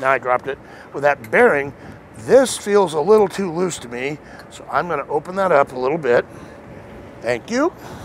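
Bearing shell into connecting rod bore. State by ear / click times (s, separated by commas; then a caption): not seated / none. Someone talks while handling a rod bearing shell for an A/Fuel dragster engine. The shell fits into a connecting rod bore, was dropped, and feels too loose, so it is to be opened up slightly before refitting. Nothing has seated or clicked into place yet.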